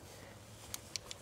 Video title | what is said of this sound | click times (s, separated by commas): Powerstroke Alternator Fix for 7.3 and 6.0 - 3G One Wire alternator install | nice click and we're going to tie this off and | 0.7 s, 1.0 s, 1.1 s